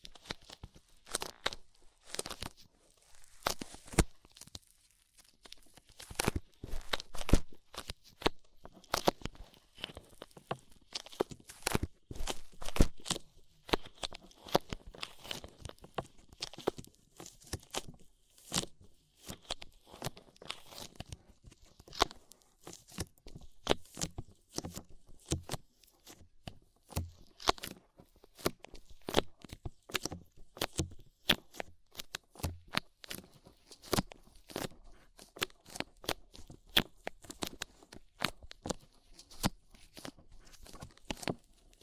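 Ear cleaning with rhinestone and clay removal: a dense stream of short, sharp crackles, scratches and taps runs without pause through all 42 seconds. The clicks come irregularly and fast, some much louder than others, with faint rustling between them and no voice.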